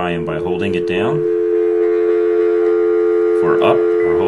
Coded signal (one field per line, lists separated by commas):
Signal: telephone call progress tone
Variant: North America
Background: speech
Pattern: dial tone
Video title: Toshiba DP5022-SDM LCD Telephone